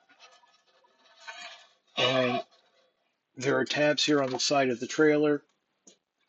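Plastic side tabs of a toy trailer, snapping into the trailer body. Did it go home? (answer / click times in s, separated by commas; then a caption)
yes / 5.9 s. While closing a Transformers Earthspark Optimus Prime toy battle trailer back up, someone talks and presses the plastic tabs on the side of the trailer home into the trailer body, with faint handling noise beforehand. A short, sharp click at 5.9 s marks the side tabs snapping into place.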